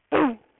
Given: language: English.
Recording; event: throat vibration sensor signal played as sound; throat clearing